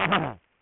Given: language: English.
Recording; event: throat vibration sensor signal played as sound; throat clearing